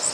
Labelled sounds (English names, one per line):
Louisiana Waterthrush flight call